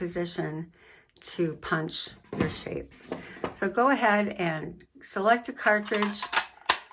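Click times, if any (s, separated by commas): 6.7 s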